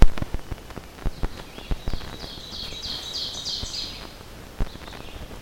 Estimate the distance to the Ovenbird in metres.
about 45 m